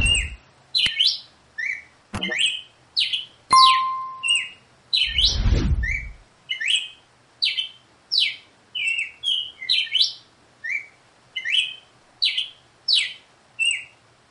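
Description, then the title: Red-cowled cardinal song of rapid whistled, slurred notes, with a few sharp clicks near the start, a brief steady whistle tone and a low thump around five seconds. Female. "Canto Galo Campina Fêmea. COMO FAZER SEU GALO CAMPINA CANTAR AÇOITE"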